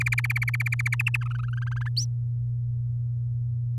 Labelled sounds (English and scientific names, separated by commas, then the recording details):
Domestic Canary (Serinus canaria) song
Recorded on 11 May 2018 at 06:12
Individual llb16